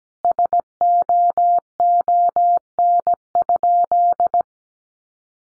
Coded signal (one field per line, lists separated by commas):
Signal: Morse code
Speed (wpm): 17 wpm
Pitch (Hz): 700 Hz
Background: none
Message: SOON?